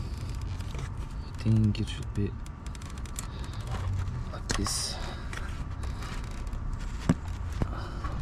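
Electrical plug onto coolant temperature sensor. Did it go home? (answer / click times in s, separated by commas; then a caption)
no / none. On an Audi A4 B6 3.0i ASN, the plastic wiring plug is pushed onto the new coolant temperature sensor while someone talks, with only faint scrapes and small handling ticks in the background. No latch click is heard, so the connector has not clicked into place.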